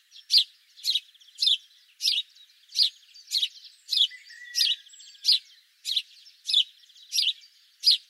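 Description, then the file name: House sparrow calls: loud, bright chirps repeated steadily, roughly every half second to second. A quieter buzzing twitter runs between them. "Passer domesticus"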